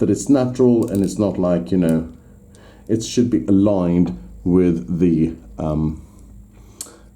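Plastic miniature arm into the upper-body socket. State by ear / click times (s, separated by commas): seated / 6.8 s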